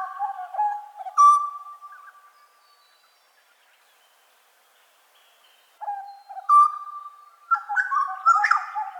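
Grey butcherbird song: rich, clear whistled notes, some held and gliding, in two phrases separated by a silent pause of about three seconds.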